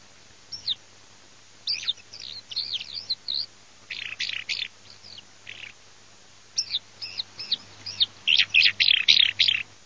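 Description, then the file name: Eurasian skylark song: rapid, high chirps and buzzy trilled phrases in bursts, with a pause near the middle and a faint low hum beneath. "ALLODOLAVIN"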